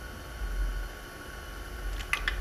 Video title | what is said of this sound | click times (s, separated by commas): EJ22 Oil Pump (all EJ engines) | well what you want to make sure is it's not stripped out this is the only one that really gave me a click | 2.1 s